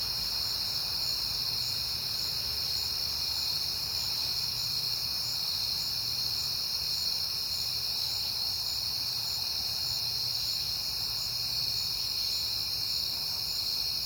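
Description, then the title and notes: Crickets keep up a constant shrill chorus, overlapping throughout, with a quiet low hum underneath. Crickets on a peaceful night in September. "Night Time: Crickets and Passing Cars. It is September and I have been hearing the crickets a lot, but finally had a peaceful night to make the recording"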